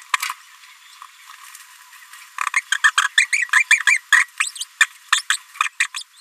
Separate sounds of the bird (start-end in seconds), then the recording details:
2.56-2.60, 2.75-2.78, 2.84-2.91, 3.04-3.08, 3.17-3.26, 3.32-3.44, 3.53-3.63, 3.70-3.79, 3.87-3.98, 4.12-4.24, 4.40-4.50, 4.55-4.64, 4.80-4.86, 5.12-5.21, 5.30-5.36, 5.60-5.63, 5.80-5.87, 5.96-6.03. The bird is a female. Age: 27 days. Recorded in a nest box in Venezuela. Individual 17B73B2